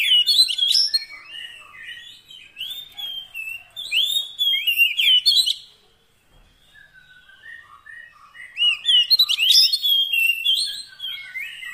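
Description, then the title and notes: Oriental magpie-robin song: rich, varied whistles, a brief lull with a series of soft lower notes, then the loud varied song resumes. Long-duration fill-in song to make the bird sing eagerly day and night. "Kacer Jadi Gacor Siang Malam. Isian Kacer Durasi Panjang"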